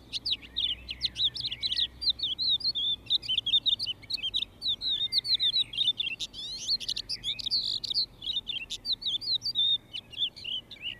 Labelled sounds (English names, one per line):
Crested Lark song